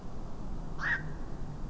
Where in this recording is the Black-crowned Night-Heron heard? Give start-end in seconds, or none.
0.78-0.98